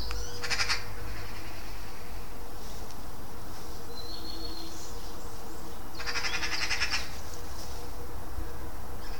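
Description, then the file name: Eurasian magpie chatter: two harsh, rattling bursts of rapid clicks, one early and a longer one later, over a steady low rumble of background noise. "Pica pica"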